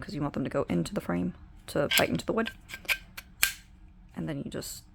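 Someone talks while handling the point loader piece of a hand-held framing point driver, with framing points loaded points facing out so they bite into the wood of the frame. Brief sharp handling taps come at about 3.2 and 3.4 s. The loader is about to be tamped down to lock into place, but nothing has seated or clicked yet.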